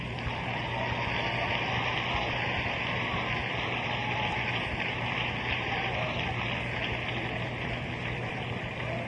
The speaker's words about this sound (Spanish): Si usted le da un aplauso a Cristo, yo sigo.